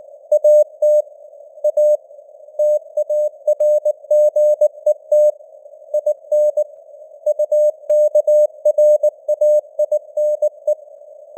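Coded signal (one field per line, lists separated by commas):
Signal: Morse code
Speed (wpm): 19 wpm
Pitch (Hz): 600 Hz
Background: none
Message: AT A TARGET IN UKRAINE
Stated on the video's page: News headlines in Morse at 19 wpm with simulated radio noise and varying signal strength (QSB).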